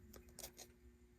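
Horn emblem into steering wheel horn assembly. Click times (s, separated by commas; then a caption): 0.1 s, 0.4 s. A bow tie horn emblem on a 1971 Camaro is pressed into the steering wheel horn assembly, its indexing tab going into a slot. Sharp snaps at 0.1 s and 0.4 s, with a softer tick at 0.3 s in between, show the emblem snapping into place and seating. Someone then talks briefly.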